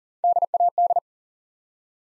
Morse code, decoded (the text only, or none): DAD